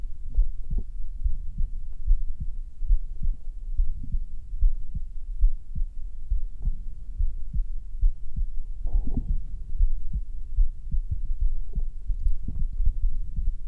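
A normal adult heartbeat heard through the bare skin on the right side of the chest, with regular low-frequency beats and a steady rhythm.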